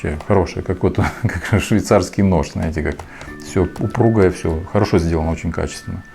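Someone talks while handling the spring-winding crank handle of a vintage metal Lantan cine camera, a winding handle that folds into the camera body. Quiet handling sounds sit under the talking. The clip ends before the handle locks into place, so nothing has seated or clicked yet.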